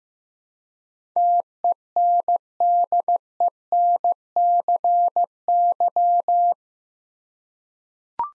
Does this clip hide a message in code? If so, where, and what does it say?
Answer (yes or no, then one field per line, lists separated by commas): yes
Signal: Morse code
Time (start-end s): 1.2-6.5 s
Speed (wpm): 15 wpm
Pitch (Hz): 700 Hz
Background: none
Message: TENDENCY